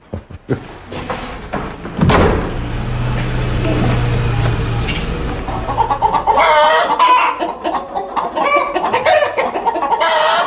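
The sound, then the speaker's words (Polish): Hens cluck in a farmyard in short, uneven bursts, the clucking growing busier and louder in the second half, with a low steady hum and a couple of knocks near the start. “No, to cicho, kury.”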